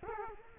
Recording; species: mosquito wingbeat signal from an infrared sensor; Culex quinquefasciatus